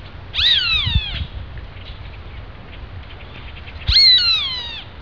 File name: Som gaviao carijo